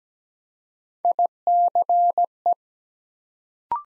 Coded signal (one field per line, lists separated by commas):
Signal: Morse code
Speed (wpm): 17 wpm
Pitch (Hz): 700 Hz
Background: none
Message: ICE